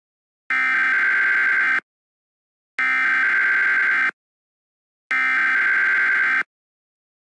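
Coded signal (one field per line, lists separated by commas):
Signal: Emergency Alert System (SAME) tones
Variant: header bursts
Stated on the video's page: Joke mock EAS scenario with simulated alert tones for a fictional watch.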